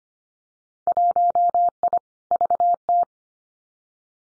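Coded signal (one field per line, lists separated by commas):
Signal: Morse code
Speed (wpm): 25 wpm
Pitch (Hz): 700 Hz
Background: none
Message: 1I VT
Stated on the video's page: Morse head-copy drill of randomly chosen Winter Field Day contest exchanges at 25 wpm, each sent, spoken, then sent again.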